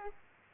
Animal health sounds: mosquito wingbeat signal from an infrared sensor; Aedes aegypti

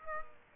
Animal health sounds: mosquito wingbeat signal from an infrared sensor; Aedes aegypti

